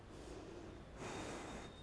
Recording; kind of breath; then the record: one breath in and out by a microphone near the nose and mouth; normal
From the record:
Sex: female